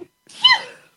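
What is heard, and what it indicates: A single sneeze from an adult woman who has been sneezing often and says something has tickled her nose, leaving her a little sneezy: a brief hissing intake, then a sharp, hissy explosive burst that fades out within about half a second. It is an ordinary, isolated sneeze with no sign of distress.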